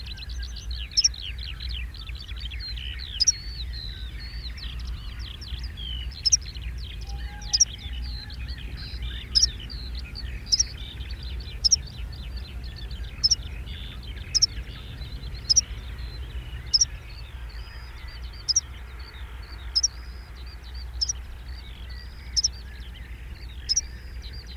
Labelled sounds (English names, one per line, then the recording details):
Meadow Pipit call
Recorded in the wild
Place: Siggermow, Insel Rügen, Mecklenburg-Vorpommern, DE
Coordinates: 54.391, 13.461
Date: 1971-05-29
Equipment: Nagra III BH, Sennheiser MD 21, parabola
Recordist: Schubert, Michael
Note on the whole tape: Wiesenpieper, Warnruf